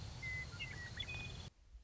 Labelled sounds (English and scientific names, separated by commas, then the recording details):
Western Meadowlark (Sturnella neglecta)
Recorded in Sonoma County, California